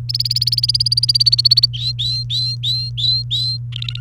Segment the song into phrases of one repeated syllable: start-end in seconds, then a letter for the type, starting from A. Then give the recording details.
0.09-1.66 A, 1.74-3.58 B, 3.72-4.00 C. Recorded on 28 April 2018 at 09:55. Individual llb3